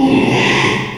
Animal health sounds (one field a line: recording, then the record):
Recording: squeal of a Yucatan mini pig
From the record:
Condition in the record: after surgery on the right vocal fold (resection and tissue-engineered implant)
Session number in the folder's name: 1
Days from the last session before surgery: 6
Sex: male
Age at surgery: 12 weeks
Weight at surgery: 13 kg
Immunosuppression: cyclosporine, prednisolone